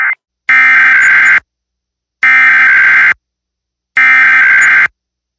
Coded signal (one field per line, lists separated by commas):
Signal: Emergency Alert System (SAME) tones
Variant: header bursts